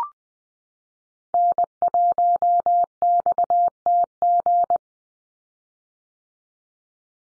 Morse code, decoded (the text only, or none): N1XTG